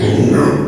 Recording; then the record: squeal of a Yucatan mini pig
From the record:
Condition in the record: before surgery on the right vocal fold (resection and tissue-engineered implant); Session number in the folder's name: 2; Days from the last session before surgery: 0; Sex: male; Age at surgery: 12 weeks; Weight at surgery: 13 kg